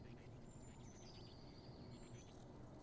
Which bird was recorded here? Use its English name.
Eurasian Blue Tit